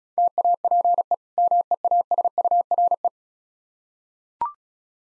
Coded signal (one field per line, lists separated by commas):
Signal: Morse code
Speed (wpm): 34 wpm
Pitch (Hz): 700 Hz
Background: none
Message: TAPE MEASURE